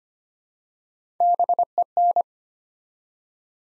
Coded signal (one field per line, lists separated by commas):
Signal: Morse code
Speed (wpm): 25 wpm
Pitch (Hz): 700 Hz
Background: none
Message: BEN